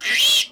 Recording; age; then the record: pig call; piglet (1 to 25 days)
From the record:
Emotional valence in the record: negative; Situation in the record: restrain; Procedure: sham castration, fixation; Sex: male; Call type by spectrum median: high-frequency call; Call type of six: mixed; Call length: 0.52 s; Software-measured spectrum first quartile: 2946 Hz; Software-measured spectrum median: 3439 Hz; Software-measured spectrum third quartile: 5256 Hz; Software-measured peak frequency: 3340 Hz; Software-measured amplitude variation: 121 dB a second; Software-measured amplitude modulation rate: 14.5 a second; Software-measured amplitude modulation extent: 8.4 dB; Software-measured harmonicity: 4.8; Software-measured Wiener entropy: -2.36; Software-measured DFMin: 896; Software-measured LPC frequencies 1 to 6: 987, 1972, 2696, 3242, 3856, 5486 Hz